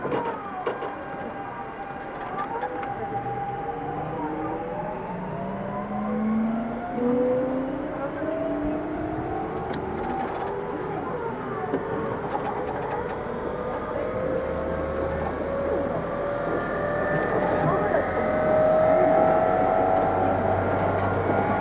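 A Tokyu 2000 series train accelerates, its motor whine rising steadily in pitch across the clip in several parallel tones. A constant rumble of the running train fills the low end, with brief clicks and rattles scattered throughout and faint speech-like murmurs.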